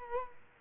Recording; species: mosquito wingbeat signal from an infrared sensor; Culex quinquefasciatus